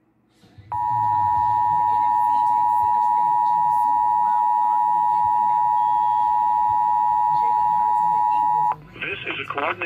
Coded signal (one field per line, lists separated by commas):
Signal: Emergency Alert System (SAME) tones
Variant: 853 and 960 Hz attention tone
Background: speech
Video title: Alabama Required Monthly Test on Comcast Cap Stream